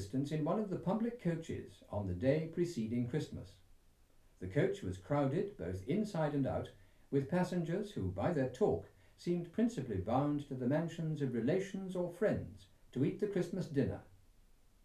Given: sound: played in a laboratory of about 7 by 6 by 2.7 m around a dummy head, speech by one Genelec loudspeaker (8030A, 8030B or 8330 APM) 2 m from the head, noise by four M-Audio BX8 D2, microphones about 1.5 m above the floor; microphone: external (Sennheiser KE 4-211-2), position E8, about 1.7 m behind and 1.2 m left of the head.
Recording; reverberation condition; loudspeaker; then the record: male speech in English; low; 90 degrees to the left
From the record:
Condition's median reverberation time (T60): about 310 ms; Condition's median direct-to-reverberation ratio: about 3.5 dB